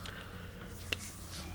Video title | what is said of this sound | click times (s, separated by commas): Osaki OS-Highpointe Installation | yeah we are snaps right into place and then here at the end we have a zipper | 0.9 s